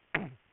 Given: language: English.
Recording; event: throat vibration sensor signal played as sound; throat clearing